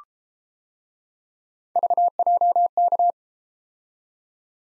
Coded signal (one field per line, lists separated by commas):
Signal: Morse code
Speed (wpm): 31 wpm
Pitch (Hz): 700 Hz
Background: none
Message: VJK